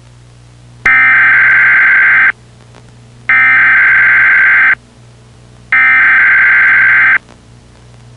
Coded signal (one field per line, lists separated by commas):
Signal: Emergency Alert System (SAME) tones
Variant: header bursts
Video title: (EAS Mock 1) "The Creature warning"